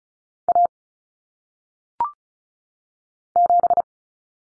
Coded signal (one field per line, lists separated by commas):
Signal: Morse code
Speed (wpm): 36 wpm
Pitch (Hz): 700 Hz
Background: none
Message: A 7